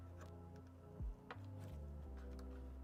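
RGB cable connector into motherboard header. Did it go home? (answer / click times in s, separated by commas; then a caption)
no / none. An ARGB cable connector is worked onto a motherboard header over background music, giving small plastic contact sounds and a brief tick near 1.3 s but no clear snap. The connector is not fully seated, and nothing has clicked into place yet.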